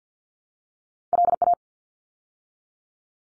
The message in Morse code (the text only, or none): LA